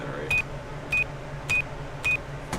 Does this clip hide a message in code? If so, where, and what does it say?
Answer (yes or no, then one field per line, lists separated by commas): no